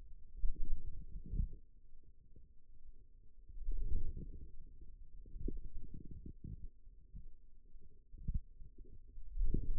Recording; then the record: forearm muscle sounds (acoustic myography)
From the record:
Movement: wrist extension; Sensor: system 2, bracelet of six BSWA MPA416 microphones around the upper forearm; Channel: 4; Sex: male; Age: 22 years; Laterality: right